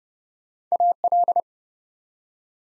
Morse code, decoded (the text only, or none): AL